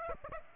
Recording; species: mosquito wingbeat signal from an infrared sensor; Aedes aegypti